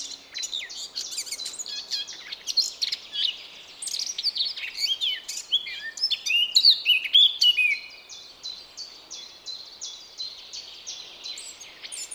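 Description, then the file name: Eurasian blackcap song: a dense warble of varied high notes, followed by a thin, rapid trill of repeated notes under a background hiss. "Sylvia atricapilla"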